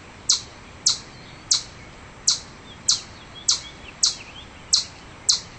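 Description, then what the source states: Chipmunk giving sharp, high chips repeated steadily, about nine in under six seconds, over a faint background hiss. Chipmunk calling in anger.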